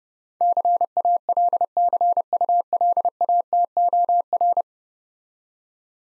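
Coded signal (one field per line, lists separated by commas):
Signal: Morse code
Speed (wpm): 30 wpm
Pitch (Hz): 700 Hz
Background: none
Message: CALCULATOR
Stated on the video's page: Morse code practice drill of difficult words with context hints at 30 wpm.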